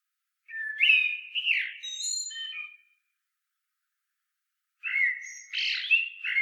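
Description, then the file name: Common blackbird giving a clear, whistled phrase with sliding notes and squeaky high ends, about two seconds of silence, then a second phrase that is cut off. "Turdus merula"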